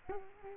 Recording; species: mosquito wingbeat signal from an infrared sensor; Culex quinquefasciatus